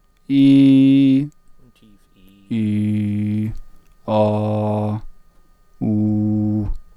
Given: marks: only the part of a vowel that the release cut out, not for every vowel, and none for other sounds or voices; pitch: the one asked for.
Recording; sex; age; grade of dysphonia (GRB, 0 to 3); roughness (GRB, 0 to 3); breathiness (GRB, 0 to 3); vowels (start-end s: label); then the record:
sustained vowels; male; 30 to 39 years; 1; 1; 0
0.35-1.16 s: vowel /i/, high pitch
2.56-3.43 s: vowel /i/, low pitch
4.13-4.92 s: vowel /a/, low pitch
5.88-6.57 s: vowel /u/, low pitch
From the record:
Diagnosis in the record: healthy voice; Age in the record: 30 years